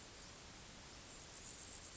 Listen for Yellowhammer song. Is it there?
no